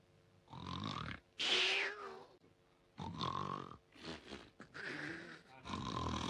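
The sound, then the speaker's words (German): A voice loudly imitates exaggerated snoring: about six throaty, rasping snores with squeaky, whistling inhales in between, each rising and falling in a steady, overdone rhythm. It is the kobold Pumuckl snoring in his bed in the radio play Meister Eder und sein Pumuckl. “Und als der Meister Eder, nachdem seine Freunde weggegangen waren, nach ihm schaute, da schnarchte der Pumuckl gewaltig. Ein bisschen zu gewaltig.”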